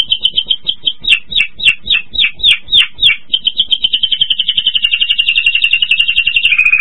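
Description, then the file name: Spanish Timbrado canary song: slower spaced chirps that quicken into a rapid, smooth rolling trill, then a brief lower-pitched shift at the close. "Golosa ptic - Ispanskaya pevchaya kanarejka Timbrados Spanich Timbrado Canary"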